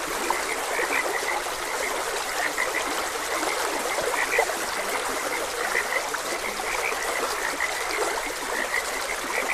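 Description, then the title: Many frogs calling with short repeated croaks, partly blended into the constant noise of a flowing stream. Frogs croaking beside a gentle stream. "Gentle Stream and Frogs Croaking"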